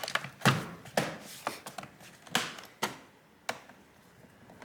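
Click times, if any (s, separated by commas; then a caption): none. The plastic bottom cover of a Dell G15 5510/5515 laptop is pressed down around its edges to snap its clips into the chassis, making a series of sharp plastic snaps and thumps spread through the clip. One corner clip fails to click down, so nothing has seated at that corner, and it will be held with a screw instead.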